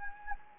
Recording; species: mosquito wingbeat signal from an infrared sensor; Anopheles gambiae